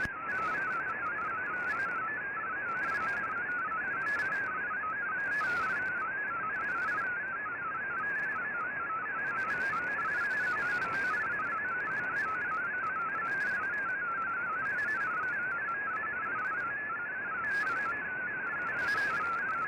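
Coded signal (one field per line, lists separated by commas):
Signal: multi-tone FSK (Olivia or MFSK type)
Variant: MFSK32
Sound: rapid warbling single tone hopping between many pitches, steady and continuous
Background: radio static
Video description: Here is my decode of the Shortwave Radiogram broadcast today on 15770Khz shortwave radio at 1300UTC in MFSK32 and 64 with 10 SSTV images.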